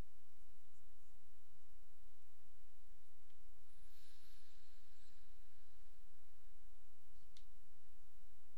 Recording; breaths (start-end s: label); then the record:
nose breathing near a microphone
3.28-7.23 s: inhalation
From the record:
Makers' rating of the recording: medium